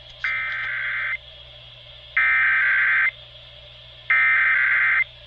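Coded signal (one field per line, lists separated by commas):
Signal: Emergency Alert System (SAME) tones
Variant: header bursts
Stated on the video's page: EAS tests from December, including relays from KLIX in South Idaho for the RMT, some DX alerts and HD alerts.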